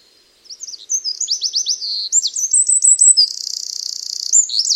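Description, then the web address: Bird singing a fast, high-pitched warble of sliding chirps and rolled trills, ending in a sustained buzzy rattle with a few bright notes. "Bird Only"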